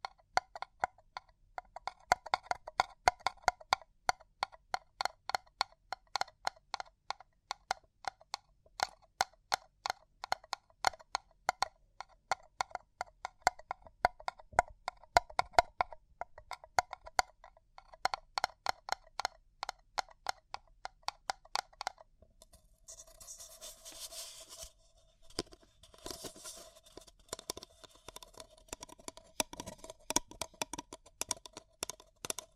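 Paper cup tingles: fast, crisp tapping and crinkling on a paper cup, dense rapid clicks for about the first 22 seconds. After that the tapping stops and gives way to brighter, hissy scratching and rustling with a steady faint tone underneath.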